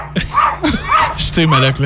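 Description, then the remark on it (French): A cat lets out a few short, yappy bark-like calls, rising and falling in pitch, while a person speaks at the same time. “C'est un chat. Qui aboie.”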